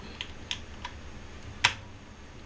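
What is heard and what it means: The next diagonal screw of an NAB Cooling contact frame (ILM) for Intel 12th and 13th Gen processors is turned anti-clockwise with an Allen key against the motherboard socket backplate thread, giving small ticks at about 0.2, 0.5 and 0.9 seconds. At 1.7 seconds a louder, sharp click marks the screw's thread catching and dropping in, so the screw is seated.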